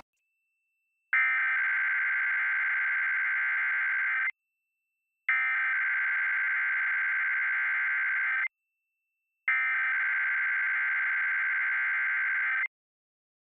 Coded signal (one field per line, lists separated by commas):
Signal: Emergency Alert System (SAME) tones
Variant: header bursts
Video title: WPSU-TV Weekly Test (10/24/22)(EAS 1262)